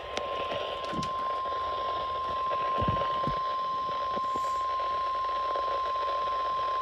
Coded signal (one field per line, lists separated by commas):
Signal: Emergency Alert System (SAME) tones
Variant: 1050 Hz attention tone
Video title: EAS Completion #30 Marginal Risk Insantiy EAS Alerts from July 3 EAS 849-904